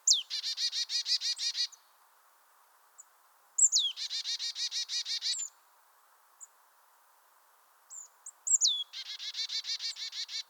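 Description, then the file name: Marsh tit calling: a sharp falling whistled note followed by a fast buzzy series of harsh notes, given three times in a quiet setting. "Poecile palustris"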